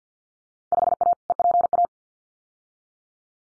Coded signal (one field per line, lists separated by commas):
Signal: Morse code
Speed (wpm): 50 wpm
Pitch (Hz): 700 Hz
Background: none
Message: 5A EPA